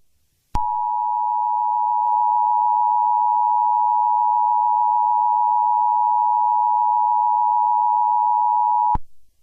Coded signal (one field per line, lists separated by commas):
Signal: Emergency Alert System (SAME) tones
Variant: 853 and 960 Hz attention tone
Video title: EAS Scenario: Evilman (DO NOT COPY MY EAS SCENARIOS WITHOUT PERMISSION)